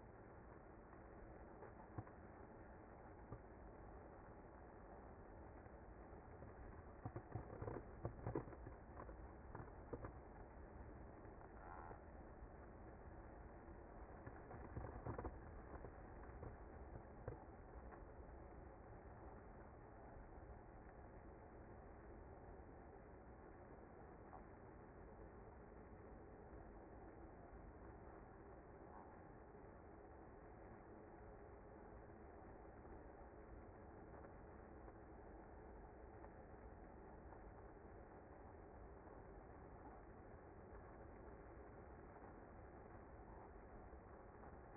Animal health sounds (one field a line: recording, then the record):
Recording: honeybee colony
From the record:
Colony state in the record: active